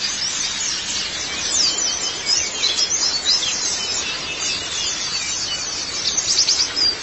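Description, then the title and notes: White-eye song: dense, high, rapid twittering with quick downslurred notes, partly masked by a steady hiss. "Kicauan Burung Pleci Durasi Panjang. Suara kicauan burung pleci"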